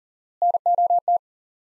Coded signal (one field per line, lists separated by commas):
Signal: Morse code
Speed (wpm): 37 wpm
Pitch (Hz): 700 Hz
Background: none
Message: NOT